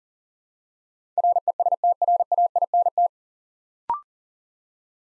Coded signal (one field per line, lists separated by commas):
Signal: Morse code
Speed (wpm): 37 wpm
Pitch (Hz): 700 Hz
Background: none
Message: RESTRAINT